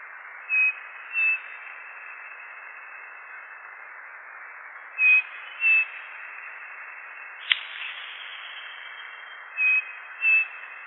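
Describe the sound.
Bird song: pairs of short high whistles recurring about every four and a half seconds, with a single sharp click between two of the pairs, over constant hiss.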